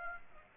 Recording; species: mosquito wingbeat signal from an infrared sensor; Aedes aegypti